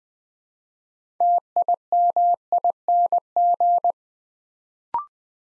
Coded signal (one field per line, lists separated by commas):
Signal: Morse code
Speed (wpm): 20 wpm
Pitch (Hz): 700 Hz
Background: none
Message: TIMING